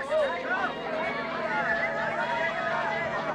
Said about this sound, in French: Voilà, je vous ai laissé entendre quelques instants la rumeur de la foule, les cris, l'ambiance joyeuse de l'attente par cette belle journée chaude, ce ciel pur, ce soleil éclatant, radieux, éclatant, dis-je,